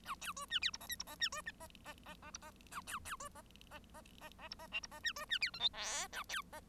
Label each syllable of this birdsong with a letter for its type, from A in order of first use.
A B C D E F G H F G D C G G G G F G A B B C G G G G G F G I F G D C D E J K L A B G